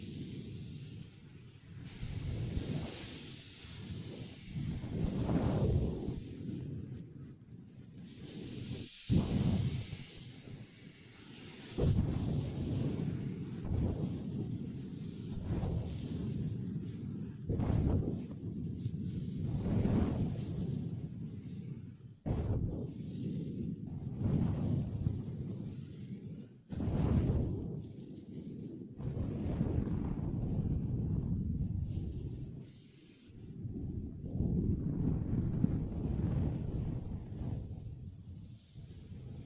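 Long nails tap and scratch a table in dense, uneven strokes, a low rumbling rustle with brief sharp clicks and short pauses throughout.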